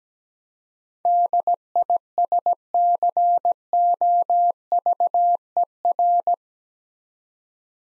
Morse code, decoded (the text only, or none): DISCOVER